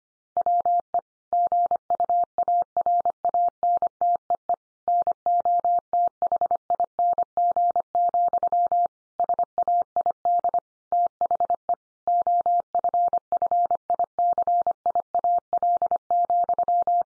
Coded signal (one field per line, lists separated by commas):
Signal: Morse code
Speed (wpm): 25 wpm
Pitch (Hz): 700 Hz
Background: none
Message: WE GUARANTEE NOTHING, SAID THE OFFICIAL,